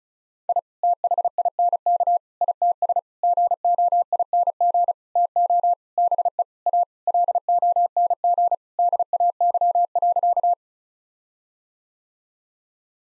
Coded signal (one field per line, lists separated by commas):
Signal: Morse code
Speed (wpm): 36 wpm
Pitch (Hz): 700 Hz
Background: none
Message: I THINK ITS GOING TO BE A LONG DAY.